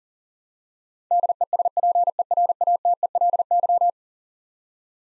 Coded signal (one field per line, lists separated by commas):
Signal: Morse code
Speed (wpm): 40 wpm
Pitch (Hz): 700 Hz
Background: none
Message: DESPERATELY